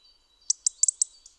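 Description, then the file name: European robin ticking, several sharp dry clicks in quick succession, with a faint continuous high whine underneath. "Erithacus rubecula"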